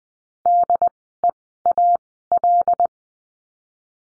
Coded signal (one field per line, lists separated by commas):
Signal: Morse code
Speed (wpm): 20 wpm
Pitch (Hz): 700 Hz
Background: none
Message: DEAL